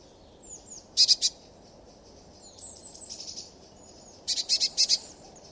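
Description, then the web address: Eurasian blue tit giving a brief buzzy burst, soft high-pitched notes in the middle, then a longer stuttering churr toward the end, with steady low background noise. "cianscape. Deverinetal"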